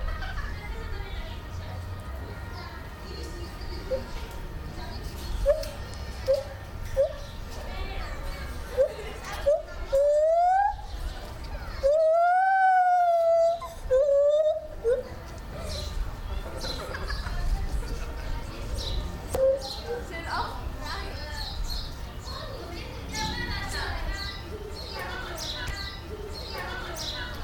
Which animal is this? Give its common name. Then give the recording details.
Lar Gibbon. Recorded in captivity. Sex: male. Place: Zoo Berlin, Berlin, DE. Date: 1996-04-06 13:24. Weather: heiter, 10 - 16 °C. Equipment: Sony MD-WM MZ-R3, Sennheiser MKH 416 T, Kopie Uher 4000 Report Monitor. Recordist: Tembrock, Günter. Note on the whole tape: Männchen (unten am Gitter), Lautfolgen